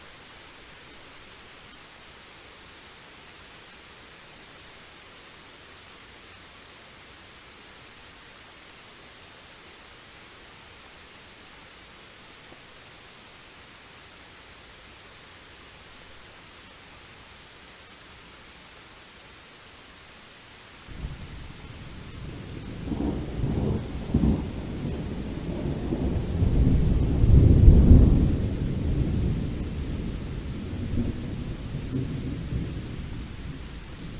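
A thunderstorm, quiet for the first twenty seconds with only a faint, steady hiss of weather. Around 21 seconds a low, deep rumble of thunder rolls in, building to its loudest near 27 seconds and then slowly fading but still grumbling at the end.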